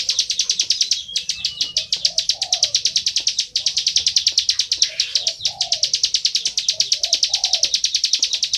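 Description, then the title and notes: Bar-winged prinia calling in long runs of fast high ticks, while low dove-like coos sound in the background. Continuous calling in the style called ngebren, used as tutor audio (masteran) for training oriental magpie-robins. "Ciblek Ngebren Untuk Masteran Murai Batu. Suara burung ciblek - Suara Nada"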